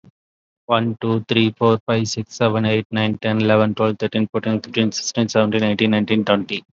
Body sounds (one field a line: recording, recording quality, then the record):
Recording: counting at a fast pace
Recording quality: excellent, no background noise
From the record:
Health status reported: COVID-19 positive, mild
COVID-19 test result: positive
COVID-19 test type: RT-PCR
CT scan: taken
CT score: 5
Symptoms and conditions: cough, hypertension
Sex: male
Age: 38 years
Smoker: no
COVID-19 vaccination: none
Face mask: not worn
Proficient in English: yes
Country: India